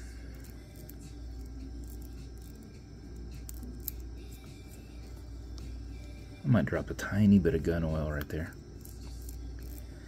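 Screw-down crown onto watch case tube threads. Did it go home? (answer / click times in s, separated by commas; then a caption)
no / none. A cerakoted screw-down watch crown is turned back onto the watch case tube, giving faint small ticks and scrapes over a low hum, and someone talks briefly near the end. The threads do not catch, so the crown has not seated, and a tiny drop of gun oil is to be added.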